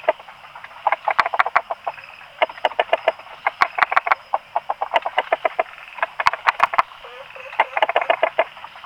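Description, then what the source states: Frog, quick clucking pulses in repeated bursts, with sharp clicks and a constant high-pitched hum behind. Recorded 26 April 2020, between 18 and 20 h.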